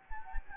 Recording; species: mosquito wingbeat signal from an infrared sensor; Anopheles gambiae